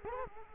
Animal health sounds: mosquito wingbeat signal from an infrared sensor; Culex quinquefasciatus

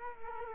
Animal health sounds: mosquito wingbeat signal from an infrared sensor; Culex quinquefasciatus

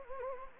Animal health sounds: mosquito wingbeat signal from an infrared sensor; Anopheles gambiae

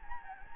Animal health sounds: mosquito wingbeat signal from an infrared sensor; Anopheles gambiae

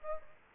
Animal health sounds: mosquito wingbeat signal from an infrared sensor; Aedes aegypti

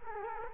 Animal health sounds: mosquito wingbeat signal from an infrared sensor; Culex quinquefasciatus

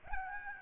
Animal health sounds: mosquito wingbeat signal from an infrared sensor; Aedes albopictus

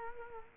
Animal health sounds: mosquito wingbeat signal from an infrared sensor; Culex quinquefasciatus

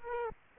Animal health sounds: mosquito wingbeat signal from an infrared sensor; Aedes aegypti

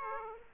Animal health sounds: mosquito wingbeat signal from an infrared sensor; Aedes aegypti

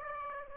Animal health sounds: mosquito wingbeat signal from an infrared sensor; Aedes aegypti

